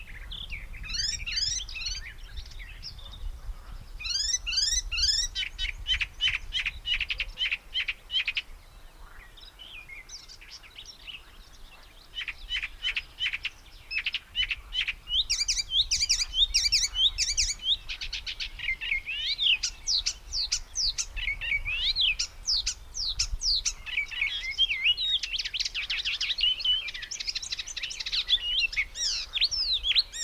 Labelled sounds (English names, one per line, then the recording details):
Icterine Warbler song
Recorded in the wild
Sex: male
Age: adult
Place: Möhrendorf, Bayern, DE
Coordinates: 49.6361, 10.9861
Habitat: pond
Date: 1962-05-13
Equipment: Original, Vollspur
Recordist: Tretzel, Erwin